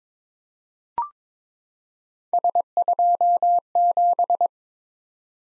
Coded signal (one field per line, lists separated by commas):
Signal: Morse code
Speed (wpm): 22 wpm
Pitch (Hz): 700 Hz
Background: none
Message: S27